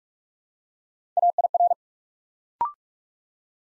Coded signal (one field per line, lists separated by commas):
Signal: Morse code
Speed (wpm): 44 wpm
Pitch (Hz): 700 Hz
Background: none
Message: AIR